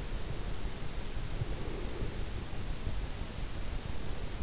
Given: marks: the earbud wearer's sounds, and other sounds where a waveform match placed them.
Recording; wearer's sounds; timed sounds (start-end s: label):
sounds in sleep by an in-ear microphone; breath
0.07-3.03 s: breath